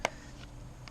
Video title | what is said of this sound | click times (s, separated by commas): How to Disassemble an Air Strut/Spring From A Porsche Cayenne, VW Touareg, Audi Q7 | And it'll snap into place. | 0.1 s